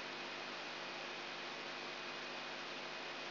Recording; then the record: brain microelectrode recording played as sound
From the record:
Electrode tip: outside the subthalamic nucleus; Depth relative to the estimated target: -4 mm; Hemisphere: left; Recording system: AlphaMap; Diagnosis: Parkinson's disease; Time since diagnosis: 8 years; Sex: male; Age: 59 years